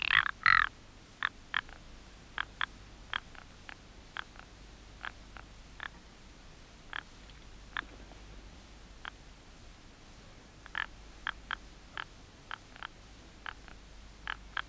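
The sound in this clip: Ptarmigan call opens with a short harsh croak, followed by a loose series of soft dry clicks repeating irregularly against a quiet background.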